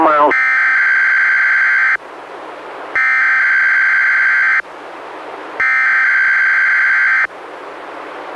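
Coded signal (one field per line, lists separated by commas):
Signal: Emergency Alert System (SAME) tones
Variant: header bursts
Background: speech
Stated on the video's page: NOAA Weather Radio Required Weekly Test, first sent with an unrecognized code then corrected, relayed from Astoria, recorded directly from a Reecom R-1630 weather radio.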